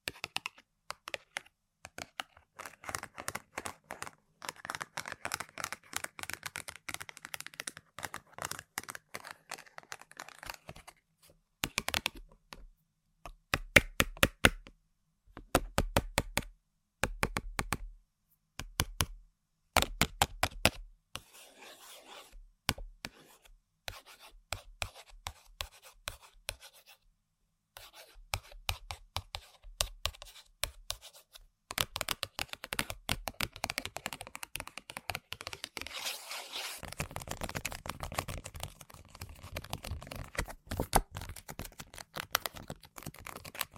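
Tapping and scratching on assorted objects, with dense runs of quick clicking taps that come and go. Around 12 to 21 seconds the taps turn sharper and louder in short bursts, then the texture returns to steady scratchy rustling with brief silent gaps.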